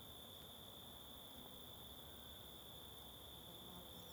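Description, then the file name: Cricket producing a steady, constant high-pitched trill, with soft background hiss and a faint short squeak at the end. Constant cricket in forest ambience on the Simão Correa waterfall trail. "Ambiencia em Bosque na Trilha da Cachoeira Simao Correa com Moscas e Grilo Constante"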